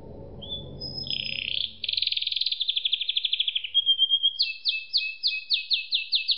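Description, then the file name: Canary song: a thin whistle leads into a dense rolling trill that slowly falls in pitch, then a clear whistle and a series of crisp repeated notes. "suara kenari makige"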